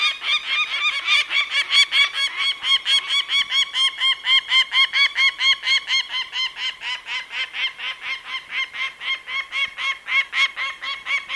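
Peregrine falcon calling with a long, continuous string of hoarse, rapid kak notes, steady and insistent for the whole stretch.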